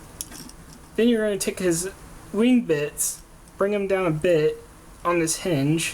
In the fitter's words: kind of movable here and it'll just kind of click in place